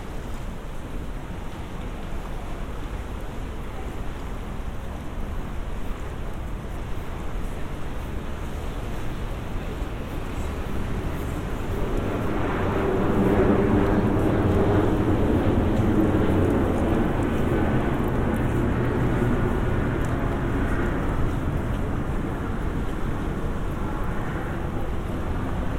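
A binaural field recording of a steady rumbling wash, like a passing vehicle or engine, swelling louder around the middle and easing slightly toward the end.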